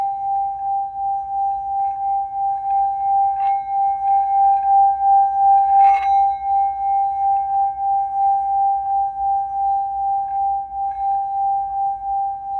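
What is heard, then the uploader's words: A Tibetan singing bowl holds one steady, pure ringing tone with a slow wavering pulse, marked by brief light taps near four and six seconds. Smooth sounds of this ancient Tibetan sound bowl.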